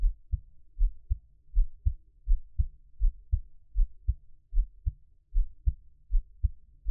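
Steady, soft low lub-dub thumps at about 80 beats a minute: an ordinary adult heartbeat.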